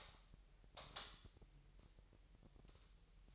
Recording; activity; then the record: daily activity, microphone in the room; light on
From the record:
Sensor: 3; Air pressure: 1001.9 hPa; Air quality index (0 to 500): 244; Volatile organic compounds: 46 ppm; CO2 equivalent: 3245 ppm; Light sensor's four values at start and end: 6/13/5/5 and 12/34/15/13